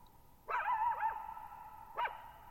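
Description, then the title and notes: Coyote giving a warbling, wavering howl that bends up and down, followed by a short sharp yip, with a long echo sustaining between them. Lone coyote at night, July 14, 2019, Thirtymile Meadows, Okanogan National Forest, Okanogan High Country, 6400 ft; high dry plateau, shallow bowl-shaped meadow, boggy ground, very quiet, reverberant. "Lone Coyote at Thirtymile Meadows. I spent the night of July 14, 2019, camped near Thirtymile Meadows in the Okanogan National Forest at 6400 ft (1950 m)"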